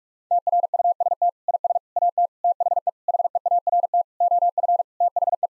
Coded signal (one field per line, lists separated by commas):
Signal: Morse code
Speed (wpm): 46 wpm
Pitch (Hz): 700 Hz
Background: none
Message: TRUST IS AT THE HEART OF THE